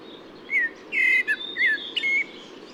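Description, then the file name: Eurasian blackbird song fragment: a few short, clear whistled notes, some slurred downward, over a soft constant hiss. At a camp in Ísafjörður. "cbbird-merula-1-M-S is isafjördur-camp"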